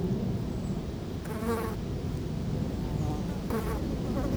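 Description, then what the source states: Fly buzzing in two short passes, a brief hum each time, against a heavy low rumble of wind. Flies feeding on dung, close-up, at Chemin de Lombardil, Fenouillet, France, near Blagnac airport on a windy day; recorded with Sennheiser MKH8040 ORTF and SD MixPre6.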